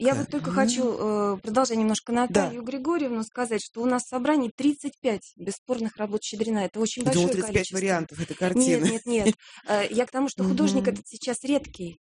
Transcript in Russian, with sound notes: Я вот только хочу в продолжение немножко Натальи Григорьевны сказать, что у нас в собрании 35 бесспорных работ Щедрина, это очень большое количество.
Я думала, 35 вариантов этой картины (смеется)
Нет-нет-нет. Я к тому, что художник этот сейчас редкий.